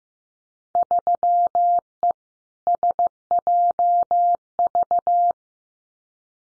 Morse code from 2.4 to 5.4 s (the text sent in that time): SJV